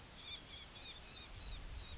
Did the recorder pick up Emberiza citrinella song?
no